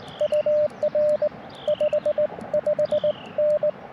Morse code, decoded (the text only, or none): UR 55N